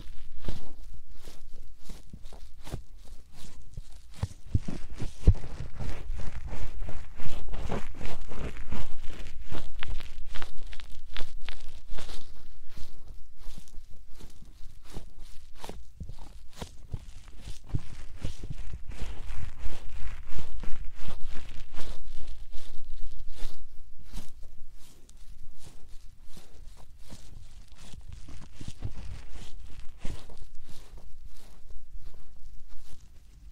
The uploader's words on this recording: 말없이 3가지의 퍼프로 귀를 토닥토닥 해드려요 puff sound.